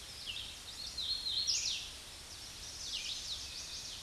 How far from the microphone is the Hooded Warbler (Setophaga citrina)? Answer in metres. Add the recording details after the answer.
about 30 m. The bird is about 20 m above the microphone. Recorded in a Pennsylvania forest on 16 May 2024 at 08:29. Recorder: AudioMoth, point MSD-2095. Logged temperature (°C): 16.3 °C. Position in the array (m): 121 m, 75 m